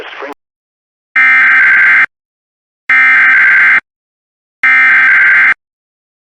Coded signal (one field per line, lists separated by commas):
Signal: Emergency Alert System (SAME) tones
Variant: header bursts